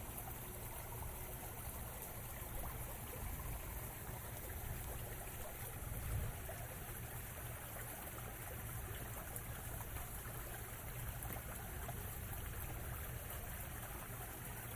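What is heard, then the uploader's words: Rain falls steadily during a walk, a dense, even hiss that holds at one level from start to finish. A low rumble runs underneath throughout, and there is a brief soft bump just after six seconds. Walk in the Rain.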